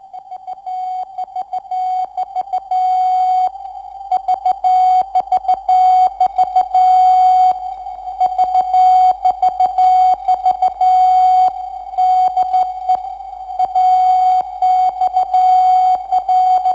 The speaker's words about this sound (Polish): To AXL w alfabecie Morsa. Sygnał wywoławczy Transatlantyckiej Centrali Radiotelegraficznej w Babicach koło Warszawy.